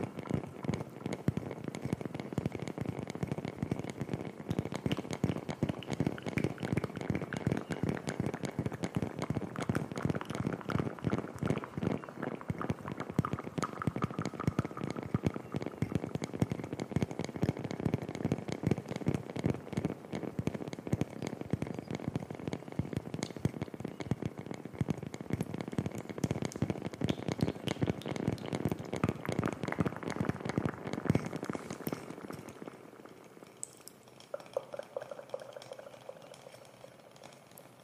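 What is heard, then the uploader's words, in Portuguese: Intense wet mouth sounds crackle in a dense, rapid stream of clicks and pops for about 32 seconds, then thin out and fade. ASMR com MUITO ECO! ASMR intenso com sons de boca molhados.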